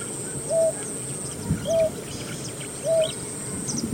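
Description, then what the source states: Greater painted-snipe calling, three low hooting notes spaced about a second apart, over a faint background hiss. Lives by the water and also calls at night.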